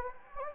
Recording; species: mosquito wingbeat signal from an infrared sensor; Anopheles gambiae